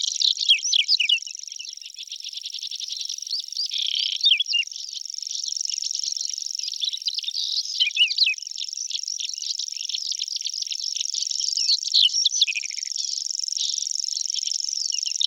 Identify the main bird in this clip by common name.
Whinchat